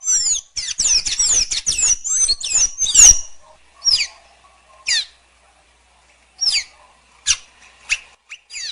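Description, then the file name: Blue dacnis song opening with a quick high twittering run, then a series of separate thin downslurred notes at irregular intervals. "canto da pipira azul"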